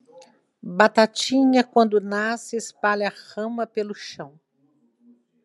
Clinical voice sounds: short text; Brazilian Portuguese; female; 50 to 59 years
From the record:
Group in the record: control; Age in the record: 57 years

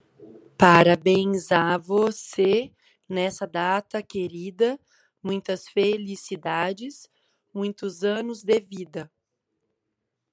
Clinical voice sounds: short text; Brazilian Portuguese; female; 40 to 49 years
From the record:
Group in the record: control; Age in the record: 44 years

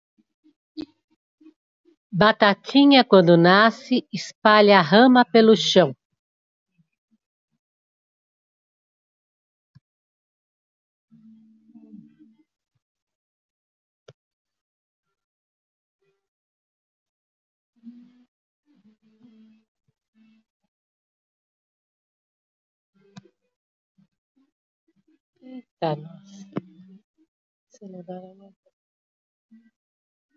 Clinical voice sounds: short text; Brazilian Portuguese; female; 60 to 69 years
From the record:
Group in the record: control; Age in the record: 63 years

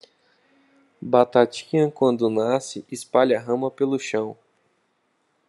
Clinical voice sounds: short text; Brazilian Portuguese; male; 20 to 29 years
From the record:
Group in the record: control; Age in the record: 26 years

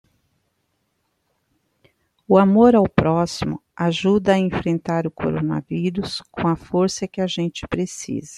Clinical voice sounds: spoken sentence; Brazilian Portuguese; female; 50 to 59 years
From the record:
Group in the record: control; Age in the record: 53 years

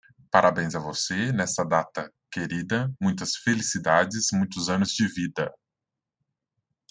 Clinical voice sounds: short text; Brazilian Portuguese; male; 30 to 39 years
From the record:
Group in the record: control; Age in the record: 35 years

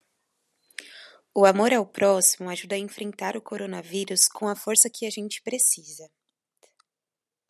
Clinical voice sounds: spoken sentence; Brazilian Portuguese; female; 20 to 29 years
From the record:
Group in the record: control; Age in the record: 28 years

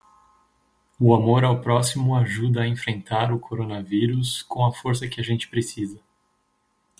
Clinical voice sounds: spoken sentence; Brazilian Portuguese; male; 30 to 39 years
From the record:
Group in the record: control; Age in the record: 38 years

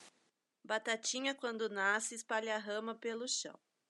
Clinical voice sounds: short text; Brazilian Portuguese; female; 40 to 49 years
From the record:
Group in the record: control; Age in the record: 43 years

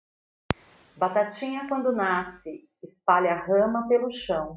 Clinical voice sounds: short text; Brazilian Portuguese; female; 50 to 59 years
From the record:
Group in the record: control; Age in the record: 53 years

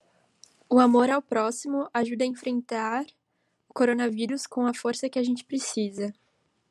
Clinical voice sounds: spoken sentence; Brazilian Portuguese; female; 20 to 29 years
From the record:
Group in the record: control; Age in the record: 21 years

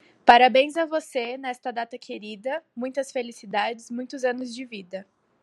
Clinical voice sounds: short text; Brazilian Portuguese; female; 20 to 29 years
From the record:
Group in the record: control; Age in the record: 20 years

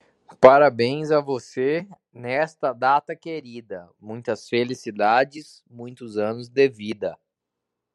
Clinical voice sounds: short text; Brazilian Portuguese; male; 20 to 29 years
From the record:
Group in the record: control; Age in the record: 27 years

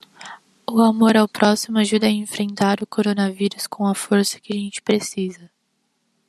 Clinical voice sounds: spoken sentence; Brazilian Portuguese; female; 20 to 29 years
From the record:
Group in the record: control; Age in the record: 20 years

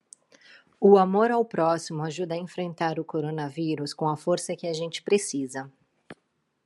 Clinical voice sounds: spoken sentence; Brazilian Portuguese; female; 30 to 39 years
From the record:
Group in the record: control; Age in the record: 30 years

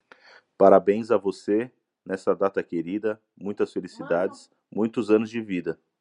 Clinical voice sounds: short text; Brazilian Portuguese; male; 30 to 39 years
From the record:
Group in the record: control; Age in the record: 38 years

